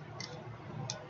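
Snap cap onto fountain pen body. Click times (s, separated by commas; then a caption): 0.9 s. A snap cap is pulled off a Pilot fountain pen and snapped back onto the pen body, with a softer tick near 0.2 s before the cap clicks shut and seats at 0.9 s. The snap is smooth and satisfying.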